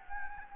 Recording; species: mosquito wingbeat signal from an infrared sensor; Anopheles gambiae